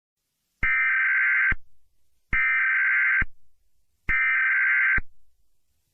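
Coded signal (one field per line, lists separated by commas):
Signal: Emergency Alert System (SAME) tones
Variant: header bursts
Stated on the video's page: Fictional EAS scenario.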